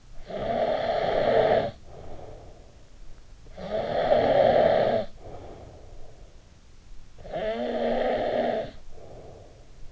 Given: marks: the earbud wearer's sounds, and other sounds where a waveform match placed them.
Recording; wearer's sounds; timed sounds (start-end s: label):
sounds in sleep by an in-ear microphone; snoring breath
0.00-2.79 s: snoring breath
3.45-6.34 s: snoring breath
7.00-9.86 s: snoring breath